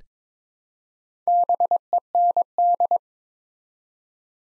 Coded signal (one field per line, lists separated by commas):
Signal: Morse code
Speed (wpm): 23 wpm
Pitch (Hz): 700 Hz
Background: none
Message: BEND